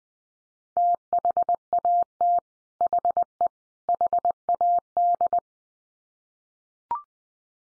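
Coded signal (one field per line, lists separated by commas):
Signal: Morse code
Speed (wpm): 20 wpm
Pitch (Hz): 700 Hz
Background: none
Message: THAT HE HAD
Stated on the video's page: Head-copy drill of common three-word groups at 20 wpm, each sent in Morse, spoken, then sent again.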